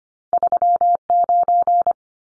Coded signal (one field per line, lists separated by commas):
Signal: Morse code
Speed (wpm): 25 wpm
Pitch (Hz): 700 Hz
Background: none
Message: 39